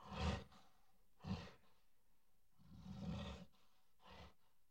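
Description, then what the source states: Gorilla breathing heavily: four rasping exhalations at uneven intervals, the third longer than the others, over low background hiss. Roars and breaths.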